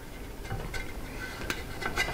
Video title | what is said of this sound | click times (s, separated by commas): ⚡Milwaukee-Eight! DIY Spark Plug Replacement ⚡ | just like that you'll feel it pop on there | 1.5 s